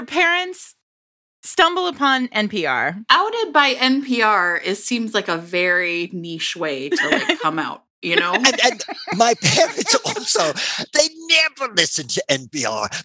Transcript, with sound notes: So your parents stumbled upon NPR - Outed by NPR seems like a very niche way to come out, (laughter) you know. My parents also, they never listen to NPR!